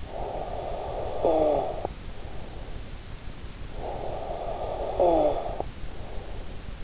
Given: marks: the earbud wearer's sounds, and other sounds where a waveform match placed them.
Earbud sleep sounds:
sounds in sleep by an in-ear microphone; snoring breath
0.00-2.99 s: snoring breath
3.57-6.60 s: snoring breath

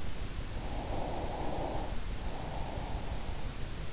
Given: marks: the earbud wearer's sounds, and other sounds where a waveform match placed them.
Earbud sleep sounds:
sounds in sleep by an in-ear microphone; breath
0.43-3.75 s: breath

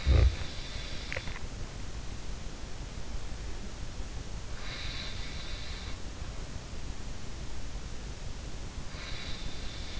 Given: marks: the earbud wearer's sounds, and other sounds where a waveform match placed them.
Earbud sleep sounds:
sounds in sleep by an in-ear microphone; snoring breath, teeth grinding
0.00-1.41 s: snoring breath
0.96-1.41 s: teeth grinding
4.65-7.00 s: sound from someone else or the room
8.82-9.99 s: sound from someone else or the room

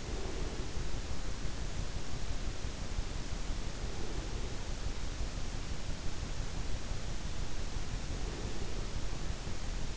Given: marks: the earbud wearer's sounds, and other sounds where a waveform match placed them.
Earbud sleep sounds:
sounds in sleep by an in-ear microphone; breath
0.00-0.98 s: breath
7.64-9.21 s: breath

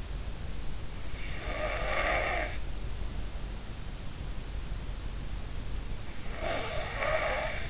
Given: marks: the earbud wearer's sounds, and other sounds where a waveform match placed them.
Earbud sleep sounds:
sounds in sleep by an in-ear microphone; snoring breath
1.13-2.61 s: snoring breath
6.40-7.70 s: snoring breath

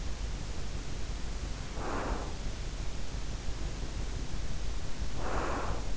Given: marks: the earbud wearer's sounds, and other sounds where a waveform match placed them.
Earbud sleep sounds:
sounds in sleep by an in-ear microphone; breath
0.29-2.79 s: breath
3.41-5.97 s: breath

